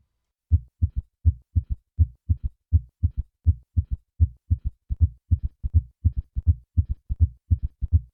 The sound of acute, severe mitral regurgitation.